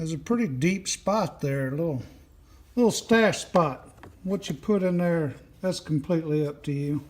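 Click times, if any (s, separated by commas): none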